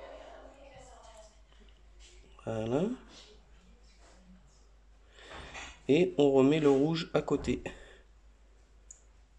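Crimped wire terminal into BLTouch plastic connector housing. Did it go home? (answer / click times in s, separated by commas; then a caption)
yes / 8.9 s. While someone talks, the red wire's crimped terminal is pushed back into the plastic BLTouch connector housing beside the adjacent wire during BLTouch wiring changes on a CR-10S Pro upgrade. A sharp, short click is heard at 8.9 s as the terminal seats in the housing.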